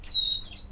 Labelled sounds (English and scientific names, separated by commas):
Stitchbird (Notiomystis cincta) song